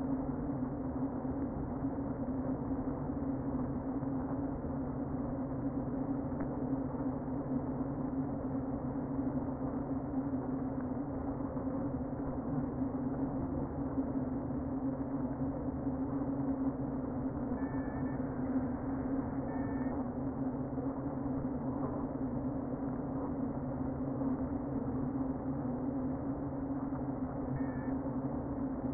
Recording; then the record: honeybee colony, microphone inside the hive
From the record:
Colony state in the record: queen present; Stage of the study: before two queens were removed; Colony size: about 60,000 bees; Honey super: yes